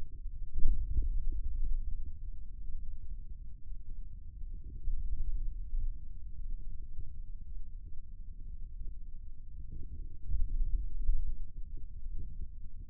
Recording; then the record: forearm muscle sounds (acoustic myography)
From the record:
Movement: hand opening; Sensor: system 2, bracelet of six BSWA MPA416 microphones around the upper forearm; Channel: 3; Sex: male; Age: 22 years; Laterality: right